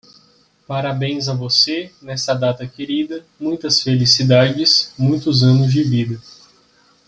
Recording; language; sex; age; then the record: short text; Brazilian Portuguese; male; 20 to 29 years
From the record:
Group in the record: control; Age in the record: 24 years